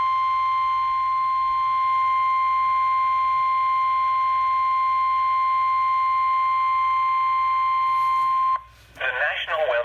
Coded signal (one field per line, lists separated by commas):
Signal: Emergency Alert System (SAME) tones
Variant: 1050 Hz attention tone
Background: speech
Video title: Special Marine Warning on KWO35 (EAS #254)